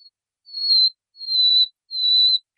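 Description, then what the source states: Nightingale song: three drawn-out, high, pure whistles, each one swelling in loudness and separated by short pauses. Masteran training song for teaching cage birds.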